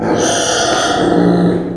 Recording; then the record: squeal of a Yucatan mini pig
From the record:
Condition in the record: before surgery on the right vocal fold (resection and tissue-engineered implant); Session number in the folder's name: 3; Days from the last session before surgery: 0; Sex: female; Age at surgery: 19 weeks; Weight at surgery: 25 kg